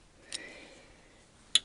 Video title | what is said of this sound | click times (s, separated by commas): Setting up a Singer or Studio knitting machine for absolute beginners | right in there it slides in the front and pops into place | 1.6 s